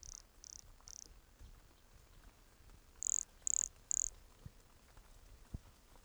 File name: MHNCI Brachycephalus sulfuratus Entroncamento Teba 20 cm from microphone LFR JAN-2020